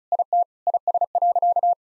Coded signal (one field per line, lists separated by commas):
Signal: Morse code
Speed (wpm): 34 wpm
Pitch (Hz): 700 Hz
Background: none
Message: IT IS.